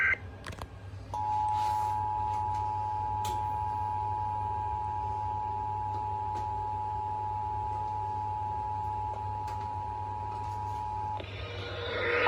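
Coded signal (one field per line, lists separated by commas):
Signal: Emergency Alert System (SAME) tones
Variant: 853 and 960 Hz attention tone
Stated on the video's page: Required Monthly Test generated by a SAGE EAS ENDEC in Maryland.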